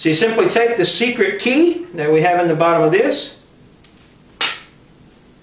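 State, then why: Released. Someone talks while a secret key is used on a wooden concealment bookcase / sofa table with a hidden compartment for firearm storage. After a brief faint tap at 3.8 s, the compartment's latch gives a sharp click at 4.4 s and releases, leaving it unlocked.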